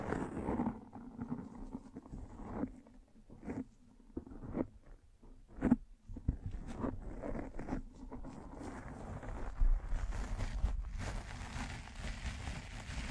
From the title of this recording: Mic Brushing and Scratching